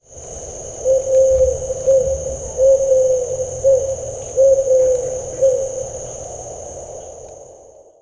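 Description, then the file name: Eurasian eagle-owl giving a series of short level calls, about six in a few seconds, over a steady background hiss and low rumble. "uhu"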